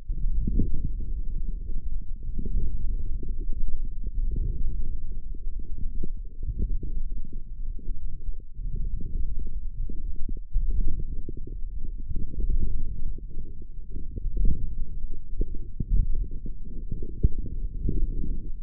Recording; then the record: forearm muscle sounds (acoustic myography)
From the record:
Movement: forearm supination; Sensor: system 1, eight BSWA MPA416 microphones around the upper forearm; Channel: 5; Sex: male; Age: 18 years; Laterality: right